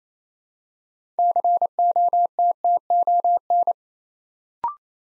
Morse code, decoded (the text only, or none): COTTON